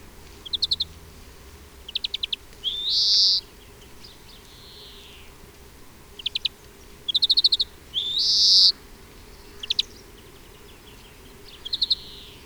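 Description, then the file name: European greenfinch alternating short twittering trills with two long nasal wheezes, plus a few softer falling notes, repeated irregularly throughout. "Chloris chloris"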